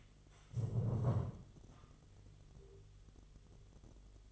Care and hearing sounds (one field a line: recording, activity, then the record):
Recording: daily activity, microphone in the room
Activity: stand up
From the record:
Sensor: 4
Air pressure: 1006.0 hPa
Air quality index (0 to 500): 110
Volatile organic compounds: 3 ppm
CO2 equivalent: 1382 ppm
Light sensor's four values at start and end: 13/28/11/10 and 12/28/11/10